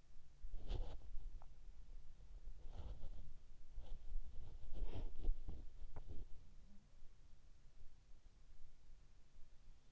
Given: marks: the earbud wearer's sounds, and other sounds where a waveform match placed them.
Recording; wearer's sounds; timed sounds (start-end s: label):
sounds in sleep by an in-ear microphone; body movement
0.00-6.76 s: body movement